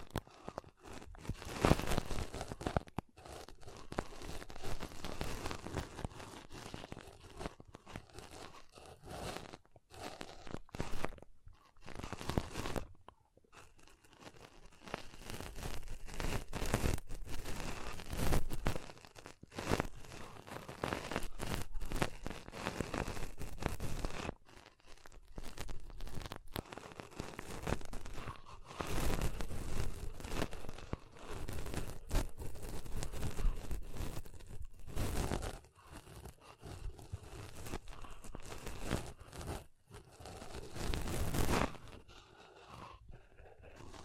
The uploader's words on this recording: ASMR Ultimate Pom Pom Tingles (No Talking).